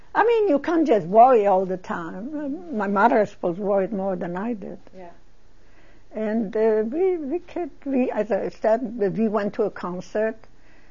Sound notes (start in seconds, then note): none